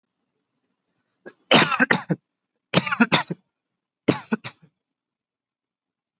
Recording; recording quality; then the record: heavy voluntary cough; excellent, no background noise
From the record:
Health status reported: healthy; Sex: male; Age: 20 years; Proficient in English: yes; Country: India